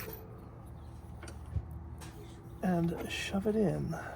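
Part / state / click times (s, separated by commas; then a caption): AC refrigerant line fitting into spring-lock coupling / not seated / none. An AC refrigerant line fitting is positioned and lined up with its mating spring-lock coupling, with quiet handling noise and a faint tap near 1.2 s. Someone talks from about 2.6 s. The fitting has not been shoved in yet, and nothing has seated or clicked.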